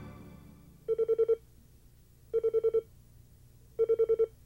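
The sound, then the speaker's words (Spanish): A telephone rings in the anime Sailor Moon, a call for Serena from Haruka, in three evenly spaced bursts, each a quick trill of five rapid pulses at a steady mid-high pitch, with quiet low background hum between rings and no talking. “Serena tonta, te hablan por teléfono.”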